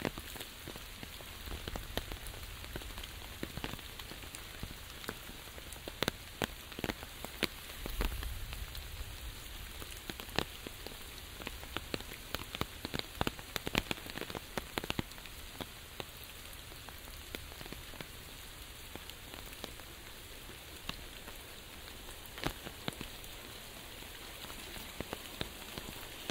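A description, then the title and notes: Light rain falls in a forest, a steady hiss broken by frequent sharp drip ticks, with a denser patter and low rumble around eight seconds. Walking Through A Forest. Sounds of a forest during light rain.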